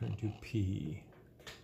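Someone talks while handling the pattern selector knob on a Singer 401A sewing machine, with the outer knob pushed in and turned and the inner knob pulled and turned to the P setting. The stitch knob has not yet snapped back into place; nothing has seated or clicked yet.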